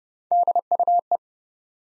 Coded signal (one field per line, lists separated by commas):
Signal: Morse code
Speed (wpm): 30 wpm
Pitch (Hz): 700 Hz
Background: none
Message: DUE